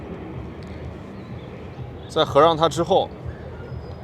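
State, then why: Not seated. The film chamber cover of a Voigtländer Superb twin-lens reflex camera, a flagship model from 1933, is swung closed after the film has been tensioned. A low steady background hum runs throughout, and someone talks briefly from about 2.2 to 3.0 seconds. The cover has not yet latched, and no click is heard.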